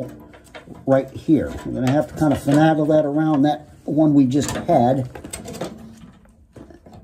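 A metal pilot supply tube is worked around and lined up with its port on a new Honeywell gas control valve of a residential natural gas water heater, ready to be pushed straight up into it. Someone talks over light handling noises, with a few small taps near the end. Nothing has seated or clicked yet.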